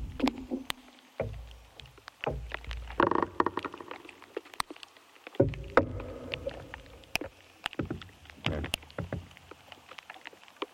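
Inside an ash tree, sharp clicks and ticks scatter irregularly throughout. Low knocking and creaking bursts come and go, with a dense grinding crackle near three seconds and another rough stretch around six seconds, over a faint low rumble.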